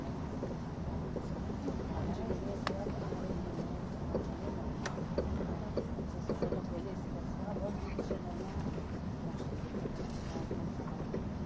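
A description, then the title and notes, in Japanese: Onboard an ETR610 tilting EuroCity train on the Gotthard route, a steady low rumble and roar of running fills the whole clip at an even level. Faint clicks and brief sharp ticks recur irregularly, with short rising whines near seconds 3 and 5. SBB線 EC311レ02 Arth-Goldau～Bellinzona。スイスでは主力の車体傾斜車両であるETR610形EC、高速性能と曲線通過性能の両者の本領を発揮できるゴッタルドトベーシトンネルルートの列車を収録したものです。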